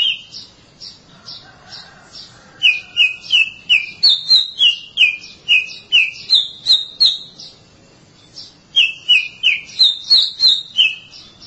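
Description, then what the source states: Oriental magpie-robin repeating short sweet whistled notes in steady series, about three per second, stepping between a lower and a higher pitch, with a pause midway. Long-duration song.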